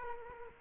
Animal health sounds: mosquito wingbeat signal from an infrared sensor; Culex quinquefasciatus

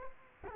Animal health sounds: mosquito wingbeat signal from an infrared sensor; Culex quinquefasciatus

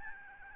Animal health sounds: mosquito wingbeat signal from an infrared sensor; Aedes albopictus

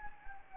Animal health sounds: mosquito wingbeat signal from an infrared sensor; Anopheles gambiae

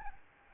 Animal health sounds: mosquito wingbeat signal from an infrared sensor; Aedes albopictus

